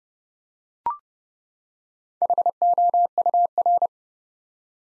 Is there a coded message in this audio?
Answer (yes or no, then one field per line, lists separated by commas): yes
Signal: Morse code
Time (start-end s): 2.2-3.9 s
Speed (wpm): 31 wpm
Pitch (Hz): 700 Hz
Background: none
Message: HOUR